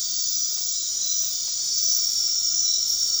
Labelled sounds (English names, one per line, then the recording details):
none
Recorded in dense forest near Puerto Asís, Putumayo, Colombia, on 21 March 2025 at 21:00
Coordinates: 0.499, -76.324
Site GP03